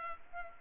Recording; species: mosquito wingbeat signal from an infrared sensor; Culex pipiens